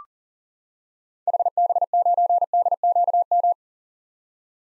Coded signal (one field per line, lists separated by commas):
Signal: Morse code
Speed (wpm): 40 wpm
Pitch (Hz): 700 Hz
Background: none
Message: HB9DQM